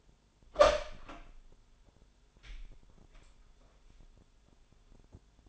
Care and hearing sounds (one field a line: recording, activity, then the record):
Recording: daily activity, microphone in the room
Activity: open door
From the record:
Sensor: 5